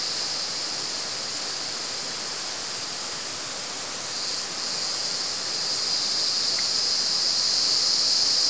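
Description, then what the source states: Cicada buzzing song, a faint high drone over background hiss that grows louder and shriller over the last few seconds. At San Ramon.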